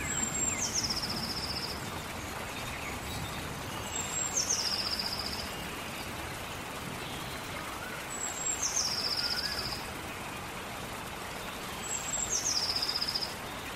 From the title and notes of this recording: Planet Earth Rain | Relaxing Sounds in a forest. The sound of a rainstorm and earthly lifeforms in the forest.